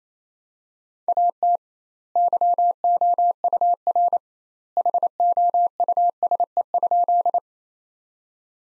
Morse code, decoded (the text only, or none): AT YOUR HOUSE?